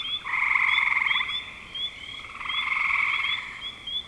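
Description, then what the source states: Frogs calling in a dense chorus of rapid pulsed trills, two swells of sound with a quieter gap between, plus short higher chirps scattered throughout. Recorded in spring 2025.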